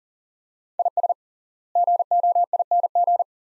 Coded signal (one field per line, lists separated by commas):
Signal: Morse code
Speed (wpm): 40 wpm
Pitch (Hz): 700 Hz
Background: none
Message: IS GOING